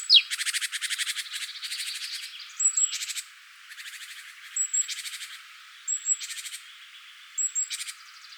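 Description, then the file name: Great tit rattling calls, a series of harsh buzzy bursts at irregular intervals, with thin high whistled notes between them. "Parus major"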